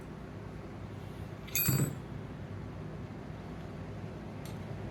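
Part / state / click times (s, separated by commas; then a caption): retaining clip into a motorcycle fork slider groove / not seated / none. A steel retaining clip is handled at the groove inside a 39mm motorcycle fork tube (slider) on a Harley Sportster, after the seal has been driven down. A steady low background hum is broken by a brief bright metallic rattle around 1.6 s, and a faint tick comes near 4.5 s. Nothing has seated or clicked yet; the clip is not yet home in its groove.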